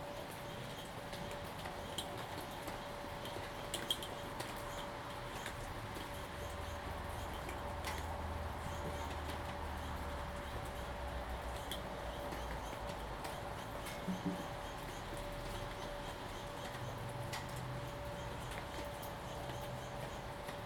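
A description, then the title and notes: A thunderstorm on a Salem, Oregon patio: a steady, dense hiss of rain with scattered sharp taps and drips throughout. A constant mid-pitched hum runs underneath, and a low rumble swells from about 7 to 11 seconds and again near the end. Salem Oregon thunderstorm, recorded live from the Lava Lamp Lounge patio. The storm began at roughly 4:30 PM. This is a raw audio recording, made with a ZOOM H2n Recorder.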